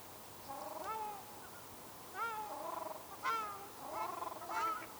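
Ruddy shelduck giving nasal, arching honks in several short bursts against a steady low hiss.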